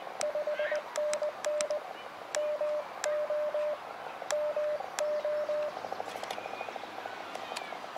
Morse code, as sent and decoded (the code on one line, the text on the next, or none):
..... -. -. / -- --- / -- ---
5NN MO MO